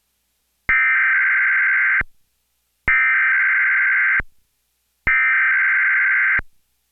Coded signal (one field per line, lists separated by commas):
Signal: Emergency Alert System (SAME) tones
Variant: header bursts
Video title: Local On The 8s + EAS Required Monthly Test- Oct. 16, 2014- 10:18AM PDT